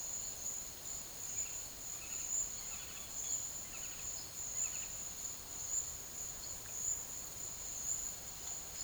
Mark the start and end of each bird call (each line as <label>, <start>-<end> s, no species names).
bird call, 1.30-4.95 s